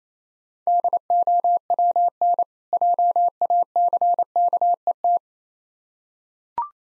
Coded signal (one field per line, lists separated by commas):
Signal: Morse code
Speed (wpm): 28 wpm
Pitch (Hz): 700 Hz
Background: none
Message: DOWN JACKET